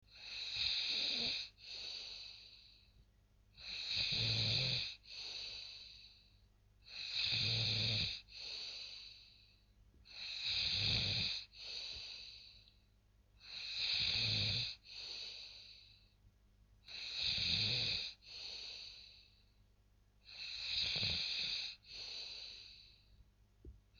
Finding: Snoring low.